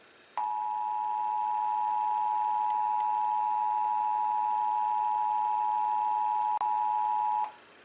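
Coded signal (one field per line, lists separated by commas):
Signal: Emergency Alert System (SAME) tones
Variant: 853 and 960 Hz attention tone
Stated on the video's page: Flood warning relayed by a TV station.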